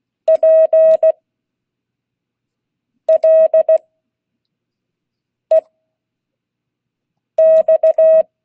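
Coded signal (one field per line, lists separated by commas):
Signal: Morse code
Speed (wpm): 16 wpm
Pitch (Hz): 640 Hz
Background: none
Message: PLEX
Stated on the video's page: Morse code class.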